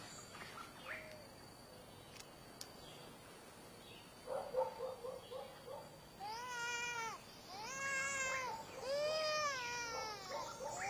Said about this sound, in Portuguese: Por que tá chorando? Não. Shh. Para. Por que tá chorando?